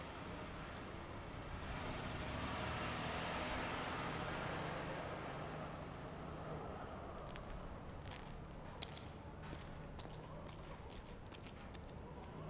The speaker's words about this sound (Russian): Рядом проезжает полицейская машина.